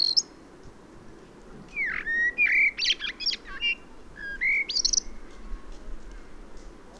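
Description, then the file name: Common blackbird song: a flute-like warble with falling and rising notes, then a brief high squeaky flourish. "Turdus merula"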